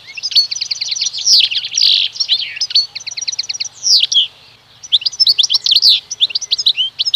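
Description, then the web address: European goldfinch song of fast tinkling twitters, rattling rolls and wheezy buzzes, nearly continuous with one short pause midway. "Przyroda Ptaki Szczygieł"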